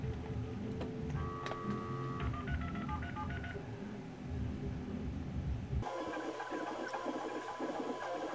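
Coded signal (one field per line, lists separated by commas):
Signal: dial-up modem handshake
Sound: steady tone, quick touch-tone dialing beeps, then a wide rushing hiss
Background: room hum, low rumble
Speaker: it didn't just go straight to dial tone so kind of put this guy on speaker just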